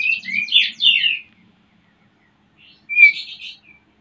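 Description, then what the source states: Oriental magpie-robin giving two short song bursts of whistles and chatter, separated by silence. Used to stimulate a bird into singing; Indonesian 'pancingan birahi' (mating-arousal lure) and 'masteran' (tutor song) style.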